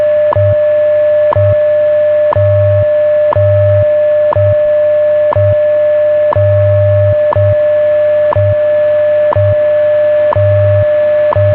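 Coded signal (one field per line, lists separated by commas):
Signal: radio time signal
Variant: WWV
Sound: sharp tick each second over a steady mid tone, with low buzzing pulses of varying length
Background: radio static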